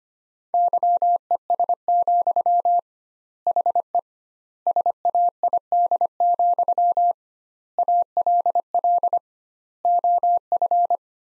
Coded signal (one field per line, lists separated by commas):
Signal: Morse code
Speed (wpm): 25 wpm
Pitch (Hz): 700 Hz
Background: none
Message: YES, HE SAID, ALL OF